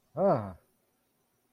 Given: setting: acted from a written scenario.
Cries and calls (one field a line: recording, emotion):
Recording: vocal sound without words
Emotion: negative surprise